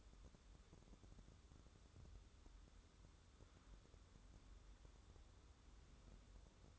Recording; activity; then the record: daily activity, microphone in the room; wipe stove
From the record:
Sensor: 3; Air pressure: 1015.1 hPa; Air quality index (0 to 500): 58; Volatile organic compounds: 1 ppm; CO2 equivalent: 748 ppm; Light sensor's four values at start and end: 15/38/15/16 and 15/38/15/16